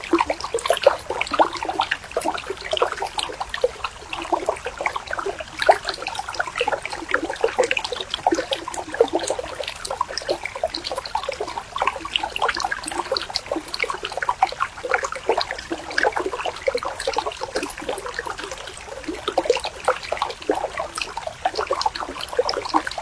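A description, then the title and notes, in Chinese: Water trickles and babbles through weeds, a steady, dense patter of small splashes and gurgles with no pauses. The sound sits mostly in the middle and upper range, with little low rumble, and stays even for the whole stretch. 杂草中的流水声。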